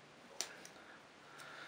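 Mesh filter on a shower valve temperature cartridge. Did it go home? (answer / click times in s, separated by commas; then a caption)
yes / 0.4 s. A new mesh filter on the temperature cartridge of a Mira 915B shower valve is folded back until it drops and locks in place. A sharp click sounds at 0.4 s, followed by a fainter tick at 0.7 s over a quiet background. The filter is seated and locked.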